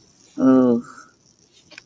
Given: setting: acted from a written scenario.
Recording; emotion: vocal sound without words; sympathy